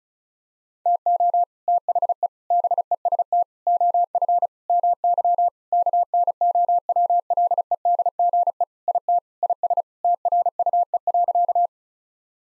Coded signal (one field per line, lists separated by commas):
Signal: Morse code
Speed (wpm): 36 wpm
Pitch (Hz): 700 Hz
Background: none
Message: TO THE BEST OF MY KNOWLEDGE IT IS TRUE.